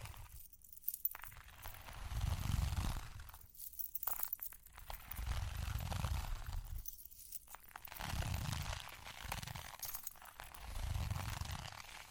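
Soft tapping and scratching with bright jingling clinks, swelling and fading in slow waves about every four seconds over a low rumble.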